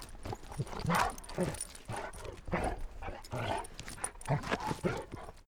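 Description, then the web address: Labrador Retriever playing: rough, breathy growling and snorting in irregular bursts, mixed with scuffling and rustling noise throughout. Dog playing. "soundpool sounds natur-tiere hunde"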